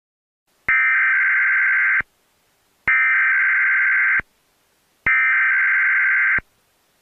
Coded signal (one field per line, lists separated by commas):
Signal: Emergency Alert System (SAME) tones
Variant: header bursts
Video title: THE BLIZZARD OF DOOM- First EAS Scenario